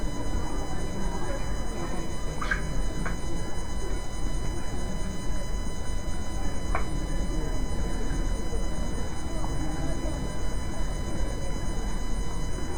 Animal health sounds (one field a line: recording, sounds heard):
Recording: poultry house recording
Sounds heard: healthy chickens